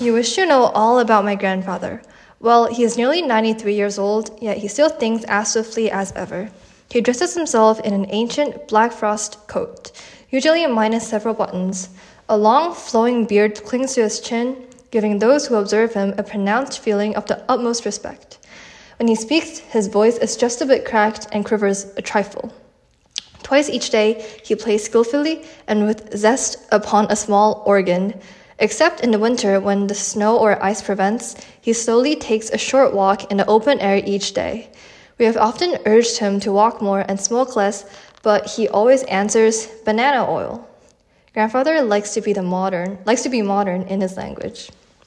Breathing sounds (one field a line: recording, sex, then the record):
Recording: reading aloud after running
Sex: female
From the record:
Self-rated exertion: light exertion (2 of 6)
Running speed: 5 miles an hour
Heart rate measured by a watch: 94 beats a minute at the start, 95 at the end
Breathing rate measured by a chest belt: 14 breaths a minute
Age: 18 years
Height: 167 cm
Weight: 50 kg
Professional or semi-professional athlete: no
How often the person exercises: 1 to 2 times a week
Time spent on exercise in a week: 1 to 2 hours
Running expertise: no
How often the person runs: 1 to 2 times a week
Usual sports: running, walking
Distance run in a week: 1 to 2 km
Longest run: 6 km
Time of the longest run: 34 minutes